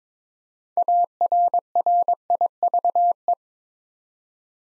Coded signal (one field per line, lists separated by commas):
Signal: Morse code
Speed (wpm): 22 wpm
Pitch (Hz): 700 Hz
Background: none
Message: ARRIVE